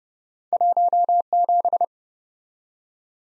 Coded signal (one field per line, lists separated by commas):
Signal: Morse code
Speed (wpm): 30 wpm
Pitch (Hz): 700 Hz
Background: none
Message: 17